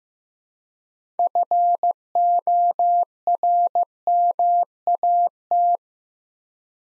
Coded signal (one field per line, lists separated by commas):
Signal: Morse code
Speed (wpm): 15 wpm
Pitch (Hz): 700 Hz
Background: none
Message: FORMAT